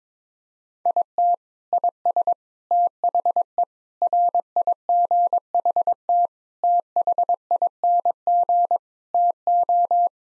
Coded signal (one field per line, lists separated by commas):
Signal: Morse code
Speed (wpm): 21 wpm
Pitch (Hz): 700 Hz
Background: none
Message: IT IS THE RIGHT THING TO